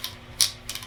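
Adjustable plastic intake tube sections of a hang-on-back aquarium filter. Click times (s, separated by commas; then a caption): 0.4 s. Two plastic sections of an adjustable hang-on-back aquarium filter intake tube are slid together to set its length. A sharp ratcheting click at 0.4 s, with fainter clicks around 0.0, 0.7 and 0.8 s, marks the tube detenting into position. The tube is seated at the right size.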